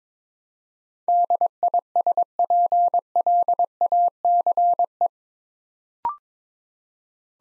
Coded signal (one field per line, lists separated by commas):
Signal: Morse code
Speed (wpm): 22 wpm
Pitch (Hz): 700 Hz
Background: none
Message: DISPLACE